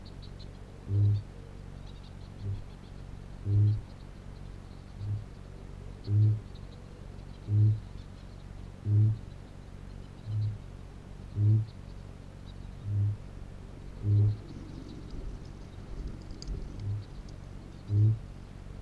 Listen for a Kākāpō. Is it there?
yes